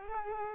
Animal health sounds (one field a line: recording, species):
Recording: mosquito wingbeat signal from an infrared sensor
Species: Culex pipiens